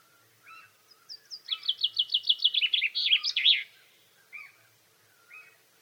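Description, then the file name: Common chaffinch song, a fast run of high notes sliding down into a flourished ending, with short chip calls before and after. "Fringilla coelebs"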